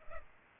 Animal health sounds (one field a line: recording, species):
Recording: mosquito wingbeat signal from an infrared sensor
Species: Culex pipiens